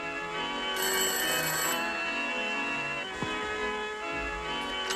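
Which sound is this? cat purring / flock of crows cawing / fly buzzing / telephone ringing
telephone ringing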